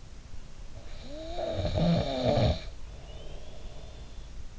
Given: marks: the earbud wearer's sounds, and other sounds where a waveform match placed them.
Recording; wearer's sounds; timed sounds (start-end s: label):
sounds in sleep by an in-ear microphone; snoring breath
0.74-4.15 s: snoring breath